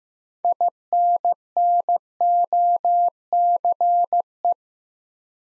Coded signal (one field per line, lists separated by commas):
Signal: Morse code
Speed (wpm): 15 wpm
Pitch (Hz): 700 Hz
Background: none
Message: INNOCE